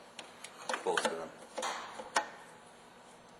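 A second bulb socket is handled against the plastic rear lamp housing of a Chevrolet Tahoe, with a few short, sharp plastic ticks and taps while someone talks briefly. Nothing has seated or clicked into place yet.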